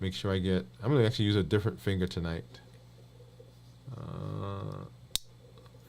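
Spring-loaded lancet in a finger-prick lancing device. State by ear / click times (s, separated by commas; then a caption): released / 5.1 s. Someone talks, then the lever on a spring-loaded finger-prick lancing device is pressed against a fingertip, and the spring releases the lancet with a single sharp click at 5.2 s. The device fires and draws a drop of blood.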